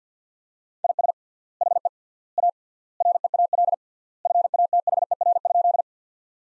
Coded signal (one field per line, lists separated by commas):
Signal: Morse code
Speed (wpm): 50 wpm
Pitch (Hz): 700 Hz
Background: none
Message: IS HE A REAL FATHER?